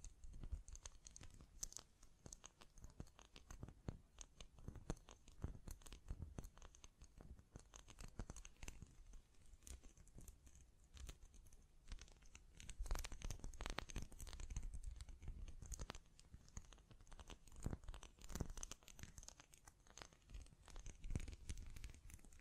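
Tapping, scratching and brushing of hands against a microphone, with dense, irregular bursts of crackly, crinkling texture throughout. Sharp taps and thumps land every second or so, heaviest around 12 to 15 seconds and again near 18 and 21 seconds, over a steady low rumble.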